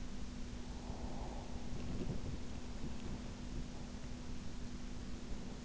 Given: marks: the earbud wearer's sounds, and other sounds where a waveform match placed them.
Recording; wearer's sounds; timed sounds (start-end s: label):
sounds in sleep by an in-ear microphone; breath
0.67-3.06 s: breath